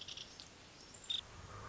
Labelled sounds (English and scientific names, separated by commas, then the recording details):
Nuttall's Woodpecker (Dryobates nuttallii)
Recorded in Sonoma County, California